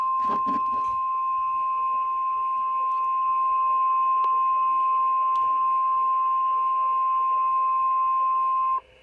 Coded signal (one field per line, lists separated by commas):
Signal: Emergency Alert System (SAME) tones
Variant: 1050 Hz attention tone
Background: speech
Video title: Severe thunderstorm warning on KZZ31 4/1/23 EAS#26